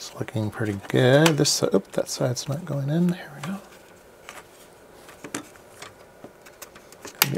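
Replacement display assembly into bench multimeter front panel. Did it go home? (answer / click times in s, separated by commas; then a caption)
yes / 7.2 s. A replacement display assembly is slid sideways into the front panel frame of an HP 34401A bench multimeter with a bad display. Someone talks for the first three and a half seconds, followed by a few small taps and scrapes. One sharp, loud click at 7.2 s shows the display seating into place.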